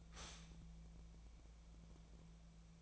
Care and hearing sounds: daily activity, microphone in the room; stop toaster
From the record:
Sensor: 1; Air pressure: 1000.3 hPa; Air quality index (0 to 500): 153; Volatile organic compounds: 3 ppm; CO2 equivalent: 1432 ppm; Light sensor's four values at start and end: 29/73/31/37 and 29/73/31/37

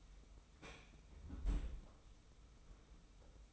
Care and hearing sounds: daily activity, microphone in the room; close fridge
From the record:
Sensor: 1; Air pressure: 991.0 hPa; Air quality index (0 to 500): 110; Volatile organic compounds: 106 ppm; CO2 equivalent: 3792 ppm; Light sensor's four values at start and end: 24/56/24/26 and 24/56/24/26

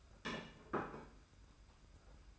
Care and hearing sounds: daily activity, microphone in the room; place plate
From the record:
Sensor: 2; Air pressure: 991.7 hPa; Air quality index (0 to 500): 184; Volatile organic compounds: 1000 ppm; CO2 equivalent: 6019 ppm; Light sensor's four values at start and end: 25/82/32/30 and 25/80/31/29

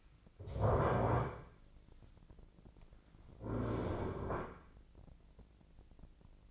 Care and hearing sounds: daily activity, microphone in the room; stand up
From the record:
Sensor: 5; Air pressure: 1009.3 hPa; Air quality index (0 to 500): 159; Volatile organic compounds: 2 ppm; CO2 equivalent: 1220 ppm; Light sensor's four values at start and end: 272/655/276/300 and 270/651/274/298

